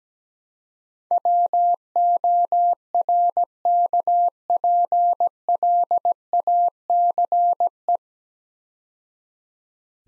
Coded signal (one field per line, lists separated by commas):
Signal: Morse code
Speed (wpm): 17 wpm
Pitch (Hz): 700 Hz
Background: none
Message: WORKPLACE